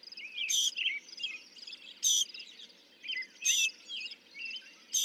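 Northern mockingbird song: harsh, buzzy high bursts repeated roughly every one and a half seconds, with softer warbled notes between, over a steady noisy background.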